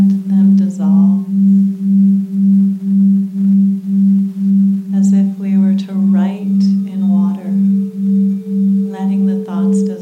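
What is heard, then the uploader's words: A Tibetan singing bowl holds one low, steady tone the whole time, wavering in a regular pulse about twice a second, with a fainter higher ring above it. Voices speak over it briefly near the start, then again from about five seconds on. Tibetan Singing Bowls.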